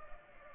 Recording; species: mosquito wingbeat signal from an infrared sensor; Culex pipiens